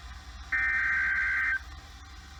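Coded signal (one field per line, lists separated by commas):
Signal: Emergency Alert System (SAME) tones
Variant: header bursts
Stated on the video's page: Received EAS alerts.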